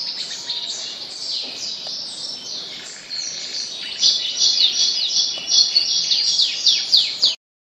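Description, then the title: Bird song, a fast run of high chirps, trills and downslurred notes, growing louder and denser in the second half. "Kicau Burung Yoi"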